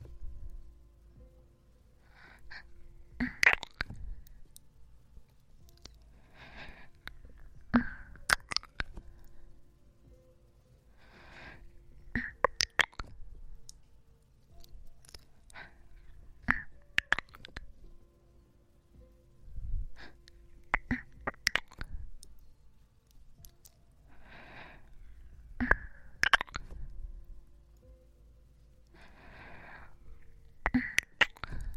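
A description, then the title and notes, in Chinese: Kissing sounds come in clusters of short, wet smacks and pops every few seconds, each group lasting about a second with sharp clicks among them. Between the bursts there is near silence over a faint, steady low hum. 纯享版亲吻声！左边一个kiss右边一个kiss。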